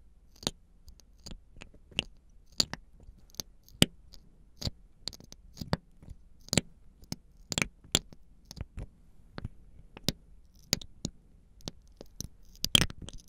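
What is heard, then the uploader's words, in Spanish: Wet mouth sounds: sharp clicks and smacks land irregularly, roughly two or three each second, across the whole clip. Each pop is brief and bright against near silence with a faint low hum underneath, and a few louder snaps cluster near the end. Sonidos de boca y algunos de manos y miel.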